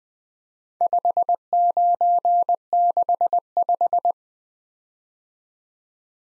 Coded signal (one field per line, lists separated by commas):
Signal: Morse code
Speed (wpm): 20 wpm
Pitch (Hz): 700 Hz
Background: none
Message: 5965